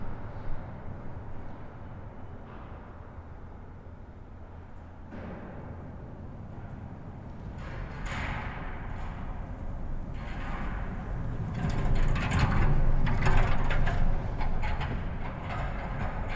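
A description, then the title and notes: A library trolley rolls past with a low, continuous rumble of wheels. It starts quiet, then grows louder from about eight seconds, with rattling and clattering that peak around twelve to fourteen seconds before easing slightly. Library early morning - Shelving trolleys and post delivering. This recording is capturing the sounds of the passing shelving trolley and the trolley used by the Library Porter when distributing an internal post within the UCL Libraries. The location is the Flaxman Gallery, Main Library Building. Sound recordist: Daniel Kordik.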